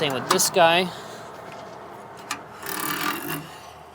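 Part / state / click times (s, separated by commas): tray locking lever on a hitch-mounted bike rack / released / 2.3 s, 2.7 s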